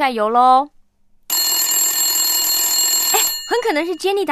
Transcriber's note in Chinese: Cell phone rings